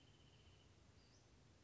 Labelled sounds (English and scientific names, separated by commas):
Western Flycatcher (Empidonax difficilis)